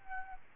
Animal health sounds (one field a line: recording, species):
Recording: mosquito wingbeat signal from an infrared sensor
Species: Aedes albopictus